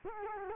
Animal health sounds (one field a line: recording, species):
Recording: mosquito wingbeat signal from an infrared sensor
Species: Culex quinquefasciatus